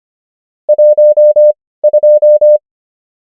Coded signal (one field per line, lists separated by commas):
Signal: Morse code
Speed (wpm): 25 wpm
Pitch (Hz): 600 Hz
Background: none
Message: 12